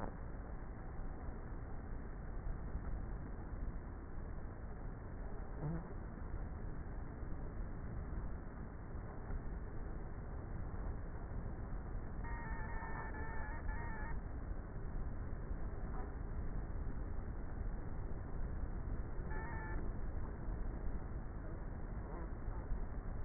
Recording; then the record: honeybee colony, microphone inside the hive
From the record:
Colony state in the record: queenless with a low population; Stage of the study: before two queens were removed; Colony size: about 30,000 bees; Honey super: no